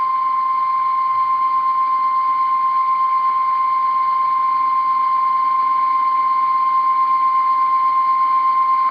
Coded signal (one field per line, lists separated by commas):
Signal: Emergency Alert System (SAME) tones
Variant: 1050 Hz attention tone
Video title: Severe Thunderstorm Warning | EAS #138